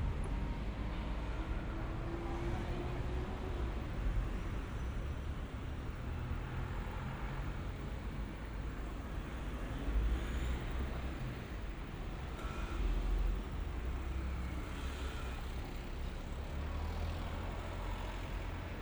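A walk through Shibuya in Tokyo, with a steady, dense rumble of traffic and street noise filling the whole stretch. Low engine drone runs throughout, with brief louder passes around ten and thirteen seconds and faint scattered voices and clatter on top.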